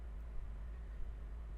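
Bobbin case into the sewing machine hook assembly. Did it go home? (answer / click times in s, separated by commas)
no / none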